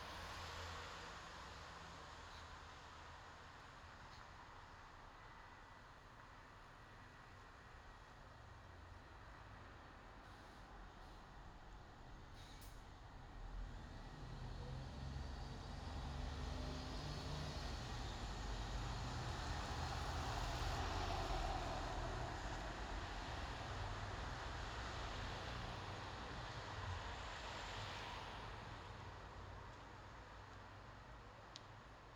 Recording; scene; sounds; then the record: everyday scene through a hearing-aid microphone; in traffic; traffic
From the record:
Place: bus stop on a city main road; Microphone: in the ear canal, left